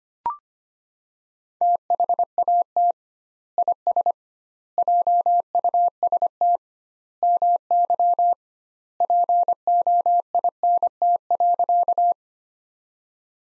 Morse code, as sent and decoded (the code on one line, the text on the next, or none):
- .... .- - / .. ... / .--- ..- ... - / -- -.-- / .--. --- .. -. - .-.-.-
THAT IS JUST MY POINT.